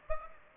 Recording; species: mosquito wingbeat signal from an infrared sensor; Aedes aegypti